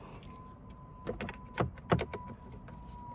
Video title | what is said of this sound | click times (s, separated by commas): HYUNDAI TUCSON CABIN AIR FILTER REPLACEMENT - No tools required | And this clicks in place. | 1.9 s